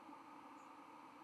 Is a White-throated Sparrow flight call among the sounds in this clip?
no